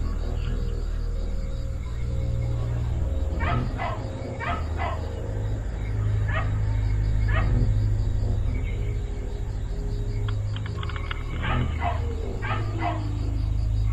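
Dog barking in irregular clusters of quick barks separated by pauses, over a continuous low hum.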